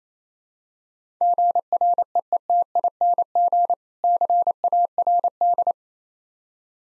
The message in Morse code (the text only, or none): GREETING CARD